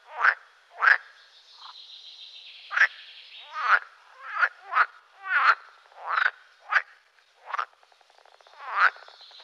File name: grenouille de lessona